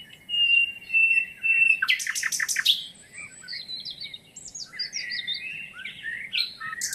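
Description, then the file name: Common nightingale song: a sustained whistle, then a burst of rapid buzzy notes, followed by scattered chirps and short twittering phrases. "Luscinia megarhynchos"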